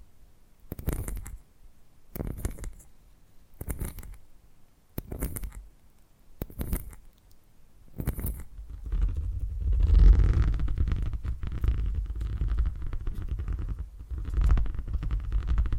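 Low, rumbling purring comes in six regular bursts about every second and a half, with quiet gaps between. After about eight seconds it turns into a continuous, denser purr that swells louder around ten seconds and again near fourteen.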